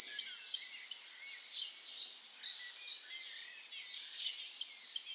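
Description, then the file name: Great tit song: high repeated phrases that shift to a lower, slower variant midway, then return to the quick, bright pattern. "Parus major"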